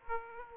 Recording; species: mosquito wingbeat signal from an infrared sensor; Aedes aegypti